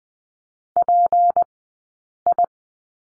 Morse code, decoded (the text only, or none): PI